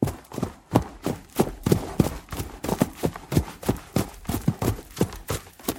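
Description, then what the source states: Horse trot, distinct dull hoof thuds arriving about three per second in a steady rhythm. Horse's feet trotting on grass at a steady pace.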